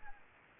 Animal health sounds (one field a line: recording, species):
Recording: mosquito wingbeat signal from an infrared sensor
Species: Anopheles gambiae